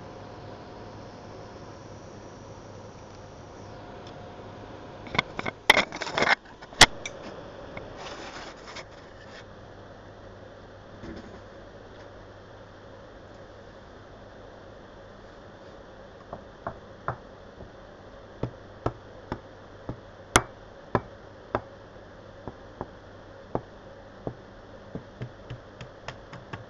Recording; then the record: background sound without coughing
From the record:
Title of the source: wind